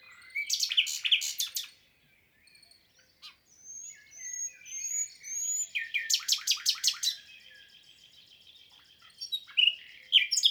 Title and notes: 22 avril 2020-Lesches en diois. le chant du Rossignol Philomène (Luscinia megarhynchos)